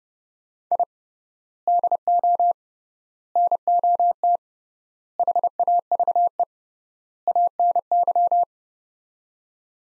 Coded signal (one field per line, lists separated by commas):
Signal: Morse code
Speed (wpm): 32 wpm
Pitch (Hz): 700 Hz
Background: none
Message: I DO NOT HAVE ANY